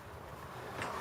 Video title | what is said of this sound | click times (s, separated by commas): Best angle grinder 2022. (Or Is It ?) | like that until it clicks in | 0.8 s